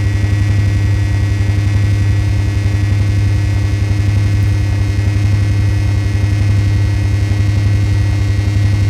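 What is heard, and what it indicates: A continuous, unchanging low droning hum with a fainter steady tone and thin high ringing lines, and no pauses or speech throughout. It is a simulated tinnitus sample, imitating the constant phantom humming and ringing heard in tinnitus.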